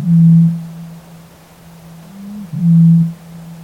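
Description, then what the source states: Eurasian bittern booms: deep, hollow, bottle-blowing hoots. Two sound in a row, the second led by a short softer note, over a low steady hum. Call sounds like blowing across the neck of a bottle; heard in reeds along a nature trail on a summer evening.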